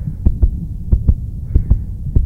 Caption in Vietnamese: Đây là âm thanh của nhịp tim từ một người tài xế xe bus. Sau khi họ bị mắng chửi. Bị xúc phạm và bị hăm dọa.